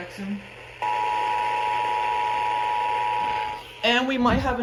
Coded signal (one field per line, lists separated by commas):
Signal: Emergency Alert System (SAME) tones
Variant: 853 and 960 Hz attention tone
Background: speech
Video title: Scholastic Storms III: Spring Break Squall Line!!! (EAS Alerts from 4/5/23) EAS #52-#60